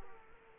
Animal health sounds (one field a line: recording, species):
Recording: mosquito wingbeat signal from an infrared sensor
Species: Aedes aegypti